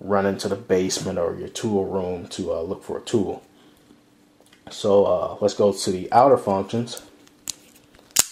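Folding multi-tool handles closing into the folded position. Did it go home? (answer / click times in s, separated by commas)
yes / 8.2 s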